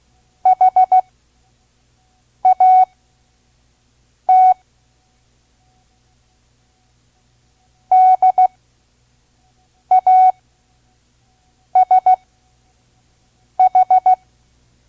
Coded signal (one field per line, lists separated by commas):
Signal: Morse code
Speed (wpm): 16 wpm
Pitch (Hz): 740 Hz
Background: none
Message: HAT DASH